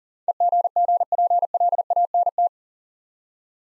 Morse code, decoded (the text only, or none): EGGPLANT